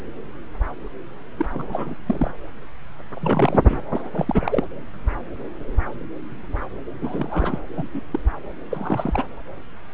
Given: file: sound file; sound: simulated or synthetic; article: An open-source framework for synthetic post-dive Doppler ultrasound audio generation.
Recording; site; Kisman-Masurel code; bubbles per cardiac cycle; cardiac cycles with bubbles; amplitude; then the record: Doppler ultrasound audio after a dive; subclavian; 222; several, 3–8; 10–50%; moderate amplitude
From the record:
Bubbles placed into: full cardiac cycles